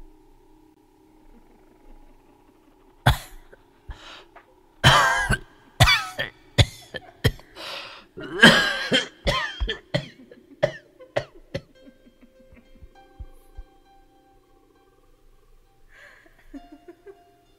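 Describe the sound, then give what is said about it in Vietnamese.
An elderly woman's harsh, hacking cough comes in a rapid series of dry, rasping bursts, loud at first and then trailing off into fainter rattling coughs and throaty wheezes. No speech is heard. “Cơn gió lạnh lẽo lùa ngang lùa dọc, bóng của bà cụ thoắt một cái biến mất trong tầm mắt, chỉ để lại tiếng cười cứ khinh khích đâu đây cùng với tiếng ho khành khạch của bà cụ.”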